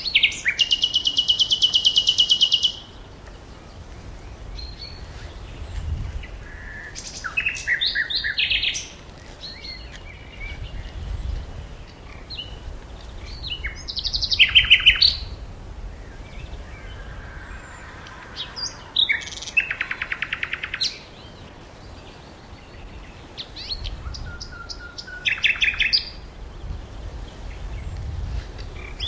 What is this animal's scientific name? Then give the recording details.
Luscinia megarhynchos. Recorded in the wild. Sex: male. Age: adult. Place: Berlin, OT Blankenfelde, Tegeler Fließ, Berlin, DE. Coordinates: 52.6253, 13.3928. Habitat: heath. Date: 1988-04-30 11:00. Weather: sunny, 16-20°C. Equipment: Nagra SN, Kopie Tesla B 116. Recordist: Tembrock, Günter. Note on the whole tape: Blankenfelde am Standrohr. Gesang